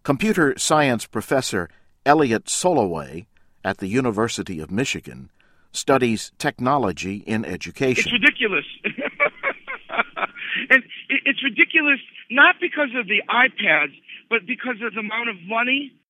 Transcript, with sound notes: Computer science professor Elliot Soloway at the University of Michigan studies technology in education. "It's ridiculous! [Laughs] And it's ridiculous not because of the iPads but because of the amount of money.